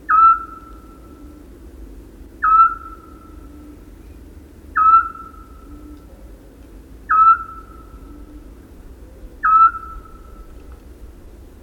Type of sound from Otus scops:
call